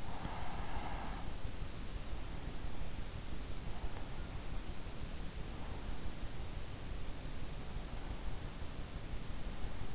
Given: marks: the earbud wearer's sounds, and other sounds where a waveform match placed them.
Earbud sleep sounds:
sounds in sleep by an in-ear microphone; breath
0.00-1.77 s: breath

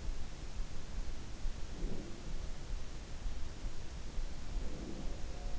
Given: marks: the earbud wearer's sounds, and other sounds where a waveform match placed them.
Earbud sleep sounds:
sounds in sleep by an in-ear microphone; breath
1.54-2.44 s: breath
4.43-5.17 s: breath

